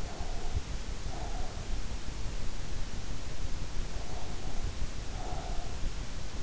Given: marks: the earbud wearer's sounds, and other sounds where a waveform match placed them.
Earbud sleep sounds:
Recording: sounds in sleep by an in-ear microphone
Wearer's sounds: breath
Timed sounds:
0.00-1.68 s: breath
3.89-5.97 s: breath

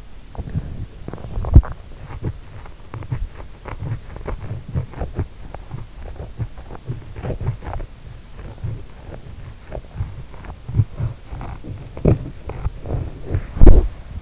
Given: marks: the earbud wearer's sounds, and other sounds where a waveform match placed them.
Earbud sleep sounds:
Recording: sounds in sleep by an in-ear microphone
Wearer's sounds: body movement, teeth grinding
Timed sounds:
0.00-1.69 s: body movement
0.17-13.29 s: teeth grinding
13.02-14.22 s: body movement

